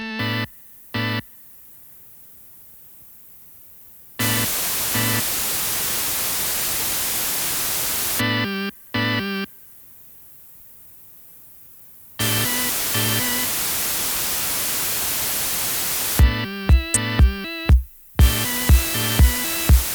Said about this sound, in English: You will now hear some white noise alternating between outer phase and in phase, beginning with outer phase.